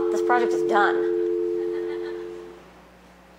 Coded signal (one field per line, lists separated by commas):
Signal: telephone call progress tone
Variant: North America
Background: speech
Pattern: dial tone